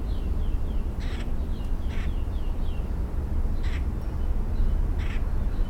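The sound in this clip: Mockingbird song: quick downslurred whistles alternating with several harsh, scratchy bursts, over a constant low rumble.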